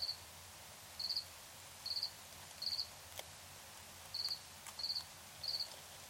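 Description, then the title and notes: Cricket chirping, short pulsed bursts with uneven gaps, a few faint clicks and steady low background noise. Recorded in Tiny, Ontario, by Anton Pickard. "Crickets and coyotes. Tiny, Ontario. Anton Pickard"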